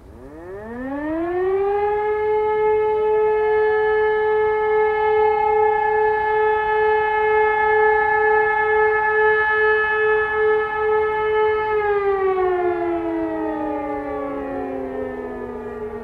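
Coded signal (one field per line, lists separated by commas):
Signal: siren signal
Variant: E57 electromechanical siren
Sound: a motor siren rises to a steady wail for about ten seconds, then winds down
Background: outdoor distant siren echo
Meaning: Fire brigade alarm signal, sounded as the monthly test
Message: 1 long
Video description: Monatlicher Probealarm der Feuerwehrsirenen in Bornheim am 28.11.2020 um 11 Uhr mit dem Signal "Feueralarm".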